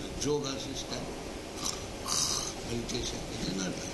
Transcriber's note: imitates snoring